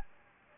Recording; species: mosquito wingbeat signal from an infrared sensor; Anopheles gambiae